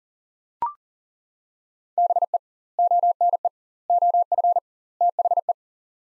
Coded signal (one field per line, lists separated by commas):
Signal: Morse code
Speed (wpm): 40 wpm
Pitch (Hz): 700 Hz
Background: none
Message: BE ONE OF THE